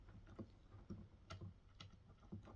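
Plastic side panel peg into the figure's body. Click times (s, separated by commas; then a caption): 1.8 s. A plastic side panel on a transforming robot figure is pushed back onto its peg in the figure's body, with soft handling and rubbing sounds before it goes in. It snaps into place with a sharp click at 1.8 seconds, and the panel is seated.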